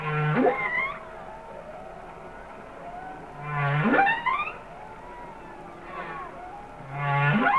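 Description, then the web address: Humpback whale song: low steady hums each ending in a sharp rising sweep, repeated every few seconds over a noisy background. "Whale Songs Sounds of Nature - Humpback Whales"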